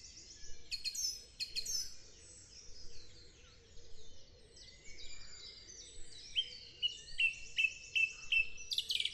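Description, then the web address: Thrush singing, sharp chirps and warbled phrases, then a whistled note repeated several times, with other birds singing behind. "numbersquash thrush"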